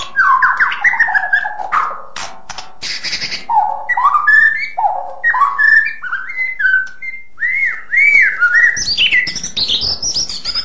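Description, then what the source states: White-rumped shama singing a rich, varied stream of fluty whistles, slurred phrases dipping low then rising, with clicks and harsh notes mixed in. Long song.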